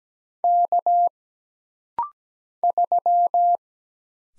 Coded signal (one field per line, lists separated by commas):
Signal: Morse code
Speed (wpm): 17 wpm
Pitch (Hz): 700 Hz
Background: none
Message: K 3